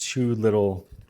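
Someone talks while lining up a bag edge with two metal guide lines on an Anova countertop vacuum sealer, before pressing its plastic lid down evenly so the latches snap shut on both sides. Only speech and a few faint soft taps near the end are heard. Nothing has seated or clicked yet.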